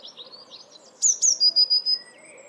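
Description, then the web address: Eurasian blue tit giving two piercing high notes and then a short run of steady-pitched notes, with weaker bird chirps in the background. "cianscape birddata Deverinetal 2025 File origin Bird Only Cy Ca"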